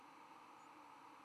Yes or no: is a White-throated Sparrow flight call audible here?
no